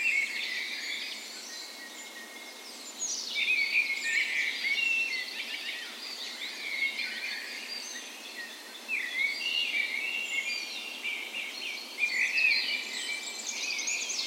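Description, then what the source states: Birds in a full dawn chorus, many songs layered together in rising and falling bursts of chirps, trills and whistles. Dawn chorus in a park west in Bergen, Norway, on the morning of 17 May, Norway's National Day, in spring; recorded with Sony PCM A10 and LOM Usi microphones as tree ears.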